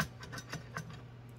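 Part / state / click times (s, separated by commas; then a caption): PCIe riser card into a rack server motherboard slot / not seated / none. A PCIe riser card for an HPE ProLiant DL20 Gen9 rack server is pushed by hand, without tools, back toward its motherboard slot. A steady low hum runs under a few soft, brief plastic-and-metal handling taps around 0.5, 0.8 and 0.9 seconds. Nothing has seated or clicked yet; the clip ends just before the card goes home.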